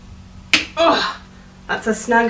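A plastic dusting brush is pushed onto the wand or handle of a SEBO E3 Premium barrel vacuum and snaps on with one sharp snap at 0.5 s. The brush is seated with a snug fit, and someone talks before and after the snap.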